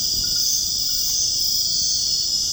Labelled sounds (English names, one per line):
none